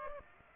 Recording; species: mosquito wingbeat signal from an infrared sensor; Aedes aegypti